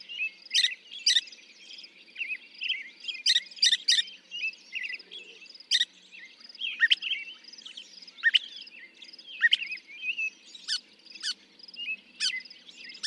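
Northern mockingbird delivering sharp, clipped chips and short whistled phrases at irregular intervals amid a steady chorus of background birdsong.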